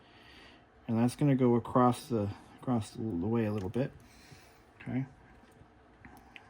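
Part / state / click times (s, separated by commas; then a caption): plastic mechanism part into cassette deck chassis / seated / 6.4 s. While re-belting the cassette mechanism of a 1999 Sony HCD-MC1 bookshelf stereo, a plastic mechanism part is put back roughly where it came off, run across, and pressed into the cassette deck chassis. Someone talks for most of the clip, then a faint tick comes at 6.1 s and a sharp snap at 6.4 s as the part is snapped into place.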